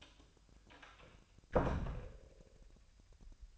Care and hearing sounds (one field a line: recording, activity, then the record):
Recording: daily activity, microphone in the room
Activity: close door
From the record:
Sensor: 2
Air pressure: 1007.0 hPa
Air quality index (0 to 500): 196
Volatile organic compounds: 13 ppm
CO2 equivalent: 2399 ppm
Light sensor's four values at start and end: 9/23/9/10 and 9/22/9/9